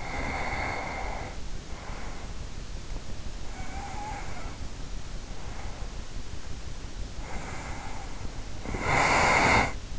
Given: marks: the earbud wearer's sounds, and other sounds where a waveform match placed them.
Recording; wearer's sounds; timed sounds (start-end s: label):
sounds in sleep by an in-ear microphone; breath
0.00-2.79 s: breath
3.37-6.23 s: breath
7.21-9.90 s: breath